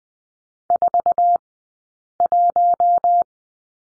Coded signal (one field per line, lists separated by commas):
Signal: Morse code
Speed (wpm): 20 wpm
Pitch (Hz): 700 Hz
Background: none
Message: 41